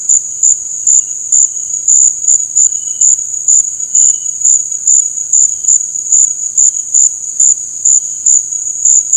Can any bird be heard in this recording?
no